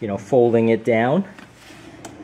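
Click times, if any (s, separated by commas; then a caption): 2.1 s. A folding riser support on a plastic aerobic step deck is pushed all the way back up and folded down while someone talks. A short, sharp click at 2.1 s marks the latch seating, locking the riser in place.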